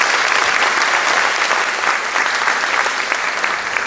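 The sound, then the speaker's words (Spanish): A crowd applauds steadily for about four seconds for the Virgin Mary, a dense, even patter of many hands clapping at constant loudness with no voices standing out. “Aplausos a la Virgen María.”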